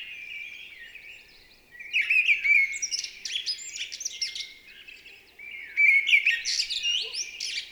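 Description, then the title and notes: Mistle thrush giving two loud song phrases of fluting and harsh squeaky notes, quieter twittering between them. Recorded 28 March 2020 at Val Maravel in stereo with a Nagra LB and MKH40 microphone, with no aircraft noise at the time; bird singing with great vocal fervour. "UNE DRAINE ENCHANTEE. 28 mars 2020-Val Maravel. Voici la belle Grive draine (Turdus viscivorus) dans toute sa ferveur vocale"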